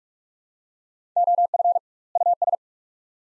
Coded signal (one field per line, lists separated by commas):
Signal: Morse code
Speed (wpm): 42 wpm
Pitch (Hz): 700 Hz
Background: none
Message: OF US